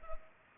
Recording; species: mosquito wingbeat signal from an infrared sensor; Culex pipiens